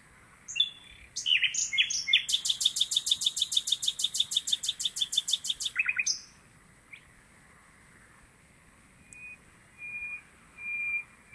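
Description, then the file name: Common nightingale song: a few chirps, then a long, fast, even trill, a short pause, and a few soft drawn-out whistles. "Luscinia megarhynchos"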